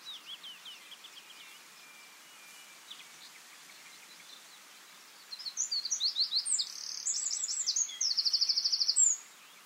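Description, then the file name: Eurasian wren bursts into a loud, high, rattling song after quiet chirps, with fast trills and a long even buzzing roll before stopping abruptly. "Troglodytes troglodytes"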